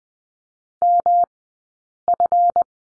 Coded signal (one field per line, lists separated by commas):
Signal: Morse code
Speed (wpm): 20 wpm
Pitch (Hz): 700 Hz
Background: none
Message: MF